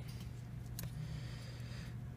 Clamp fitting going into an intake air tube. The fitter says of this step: It may be easier to actually insert them first. You'll hear it pop.